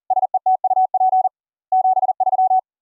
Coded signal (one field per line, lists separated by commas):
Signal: Morse code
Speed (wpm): 40 wpm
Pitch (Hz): 750 Hz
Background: none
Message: SETUP 73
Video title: Windows 10 - Morse Code Audio over ip using Gstreamer, AsioBridge & VB-Audio's Hi Fi Cables(pt1)